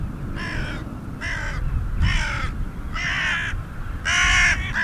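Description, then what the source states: Carrion crow giving a series of hoarse, rasping caws about a second apart over a steady low rumble. Completely black bird of farmland and grassland that also visits gardens for food; makes a hoarse cawing sound.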